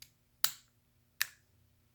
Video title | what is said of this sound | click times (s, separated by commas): Basic Field Strip of Taurus PT738 380APC | And just pull back just a little bit until you hear it click. | 0.4 s